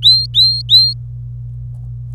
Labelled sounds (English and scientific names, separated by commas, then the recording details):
Domestic Canary (Serinus canaria) song
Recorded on 25 April 2018 at 17:54
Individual llb3